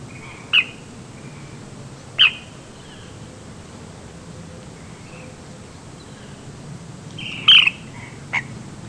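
Ash-throated flycatcher calls, short sharp burry notes given singly at irregular intervals, about four over nine seconds, over a quiet low hum.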